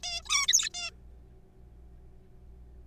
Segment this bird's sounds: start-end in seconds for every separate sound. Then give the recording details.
0.03-0.22, 0.25-0.47, 0.48-0.69, 0.74-0.91. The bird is a juvenile. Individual R3428